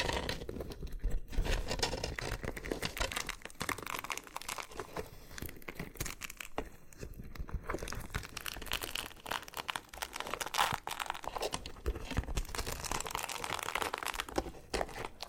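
Loofah being rubbed and peeled, with dense, continuous crinkly scratching and quick crackling pops throughout, briefly easing around seven seconds.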